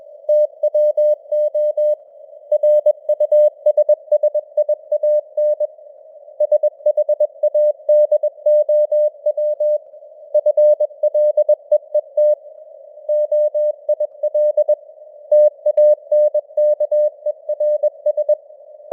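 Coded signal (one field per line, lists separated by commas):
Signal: Morse code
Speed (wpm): 21 wpm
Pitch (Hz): 600 Hz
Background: none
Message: TWO RUSSIAN SHADOW FLEET OIL TANKERS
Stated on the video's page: News headlines sent in Morse at 21 wpm with simulated radio noise and varying signal strength (QSB).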